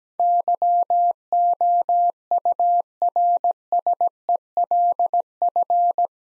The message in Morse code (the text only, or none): YOURSELF